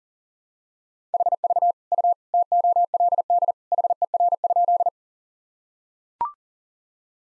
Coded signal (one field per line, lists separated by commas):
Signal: Morse code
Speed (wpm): 40 wpm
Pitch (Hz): 700 Hz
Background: none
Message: HV U TOLD HER?